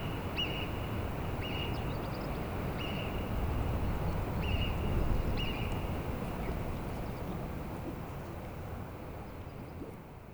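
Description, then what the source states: Alpine marmot sounding piercing alarm whistles at roughly one-second intervals for the first five seconds, then only steady low rushing background remains. Several Alpine marmots whistling, alarmed by the recordists' presence; Plateau d'Aiguallut near Carretera de La Besurta, Benasque, Huesca, Spain; Sennheiser MKH8040 ORTF pair with Sound Devices MixPre6.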